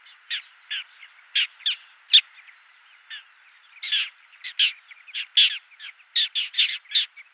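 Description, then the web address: Little gull giving sharp, nasal calls in uneven bursts, sometimes single and sometimes in quick clusters of two or three. "Schulze Peter Little Gull"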